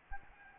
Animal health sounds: mosquito wingbeat signal from an infrared sensor; Anopheles gambiae

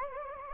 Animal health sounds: mosquito wingbeat signal from an infrared sensor; Anopheles gambiae

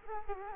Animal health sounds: mosquito wingbeat signal from an infrared sensor; Culex quinquefasciatus

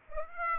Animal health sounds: mosquito wingbeat signal from an infrared sensor; Aedes aegypti

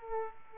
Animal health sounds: mosquito wingbeat signal from an infrared sensor; Aedes aegypti

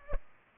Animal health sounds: mosquito wingbeat signal from an infrared sensor; Culex pipiens

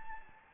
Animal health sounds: mosquito wingbeat signal from an infrared sensor; Anopheles gambiae

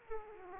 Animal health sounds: mosquito wingbeat signal from an infrared sensor; Aedes aegypti

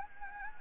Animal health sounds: mosquito wingbeat signal from an infrared sensor; Anopheles gambiae

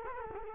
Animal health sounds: mosquito wingbeat signal from an infrared sensor; Culex quinquefasciatus

